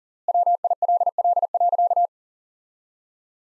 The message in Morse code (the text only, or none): WILL.